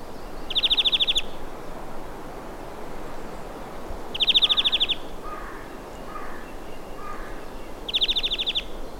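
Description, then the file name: European greenfinch call, a fast rattling trill of pulsed notes given three times, roughly every three and a half seconds, with faint soft chirps between. "Chloris chloris"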